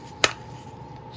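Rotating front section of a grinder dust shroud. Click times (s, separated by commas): 0.2 s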